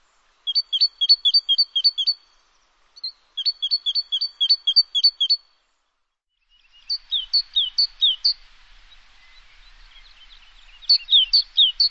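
Bird calls: rapid bright chirps in quick runs of several notes with pauses between, then a looser sequence of high chirps toward the end.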